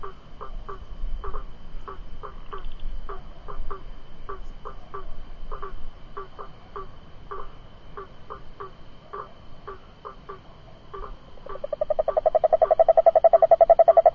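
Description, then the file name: Cururu toad sounds: evenly spaced low clicking pulses, then a loud continuous pulsed trill in the final seconds, with a faint steady high hum. "Rhinella icterica"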